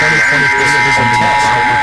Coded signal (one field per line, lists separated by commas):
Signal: Emergency Alert System (SAME) tones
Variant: end-of-message bursts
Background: speech